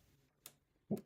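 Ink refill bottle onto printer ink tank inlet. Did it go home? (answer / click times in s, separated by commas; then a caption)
yes / 0.5 s. A smaller cyan ink refill bottle is turned upside down and pressed onto the ink tank inlet of an HP Smart Tank 5103 printer, giving a sharp, bright click at 0.5 s as it seats. A louder, fuller thump with strong low-mid body follows at about 0.9 s. The bottle is confirmed seated on the tank.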